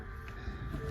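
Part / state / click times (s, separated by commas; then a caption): disconnect tool onto an AC spring-lock line coupling / not seated / none. A plastic spring-lock disconnect tool is snapped over an AC line coupling on a 1997 Jeep XJ during compressor, condenser and dryer replacement, before being worked into the coupling to release the spring. A steady low hum runs throughout, with a brief sound at 0.3 s and low handling noise growing louder toward the end. Nothing has seated or clicked yet.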